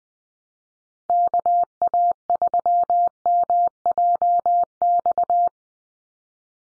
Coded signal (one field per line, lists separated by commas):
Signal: Morse code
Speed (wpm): 20 wpm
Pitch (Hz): 700 Hz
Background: none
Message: KA3MJX